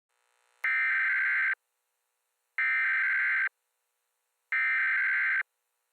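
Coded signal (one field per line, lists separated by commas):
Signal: Emergency Alert System (SAME) tones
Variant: header bursts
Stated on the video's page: Fictional mock EAS alert, not real.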